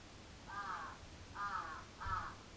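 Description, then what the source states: Crow giving three drawn-out hoarse caws. Recorded 14 July 2022 at 06:37.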